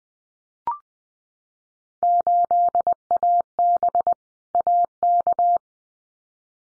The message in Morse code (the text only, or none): 8AB AK